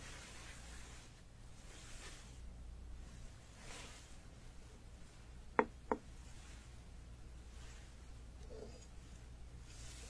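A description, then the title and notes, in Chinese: Preparing traditional Chinese medicine, with soft rustling swishes every few seconds over a steady low hum. Just before the six-second mark come two sharp, bright knocks in quick succession, like a pestle striking a mortar, then the quiet rustling resumes. 中医配药、捣药触发音。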